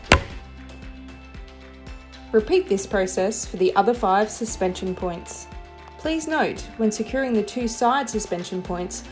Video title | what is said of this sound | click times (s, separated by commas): Pacific BR9 Headband removal, adjustment and replacement - Pac Fire & Pacific Helmets | the headband back on by threading the dome piece through the large bottom hole and pushing down until you hear it click into place | 0.1 s